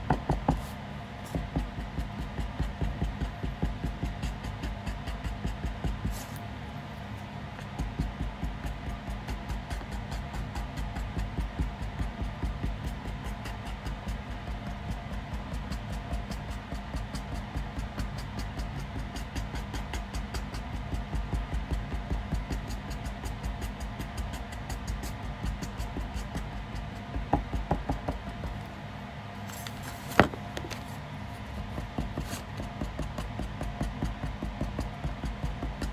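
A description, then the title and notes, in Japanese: Someone drawing: a steady stream of quick, dry taps and scratches from the pen runs the whole time over a low, constant hum. The strokes stay dense and even, with a sharper knock near the thirty-second mark. お絵描き。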